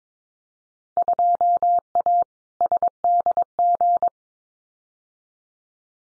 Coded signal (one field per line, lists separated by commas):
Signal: Morse code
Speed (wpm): 22 wpm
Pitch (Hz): 700 Hz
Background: none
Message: 2A SDG